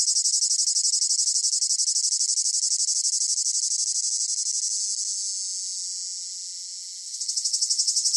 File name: gain walkers CICADA Close Up Rhythmic Chirping Long Phrases Piercing Whine